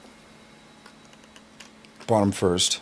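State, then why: Not seated. A handheld display unit is oriented and slid, bottom connector port first, into the connector port on the cradle of an Irisys 1001 thermal imager camera before being pushed home. Light rubbing and tapping sounds come at about 0.9, 1.1, 1.4, 1.6 and 1.9 seconds, and then someone talks. Nothing has seated or clicked yet.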